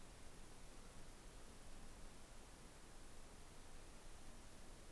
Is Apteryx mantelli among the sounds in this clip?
no